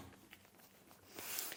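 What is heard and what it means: The second-side bracket of a Thomas Payne Signature Swivel Glider RV recliner backrest is pushed down into the seat-frame bracket. A faint tap comes at 0.3 s, then the sound rises into a louder, broadband click at 1.4 s as the bracket seats. The backrest is confirmed locked in on that side.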